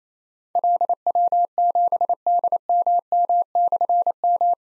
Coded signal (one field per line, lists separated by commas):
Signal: Morse code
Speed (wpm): 29 wpm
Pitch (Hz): 700 Hz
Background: none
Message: LW7DMM/M